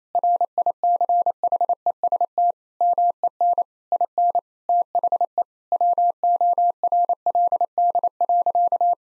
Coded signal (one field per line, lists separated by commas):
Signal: Morse code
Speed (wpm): 28 wpm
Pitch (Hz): 700 Hz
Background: none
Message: RICHEST MEN IN THE WORLD.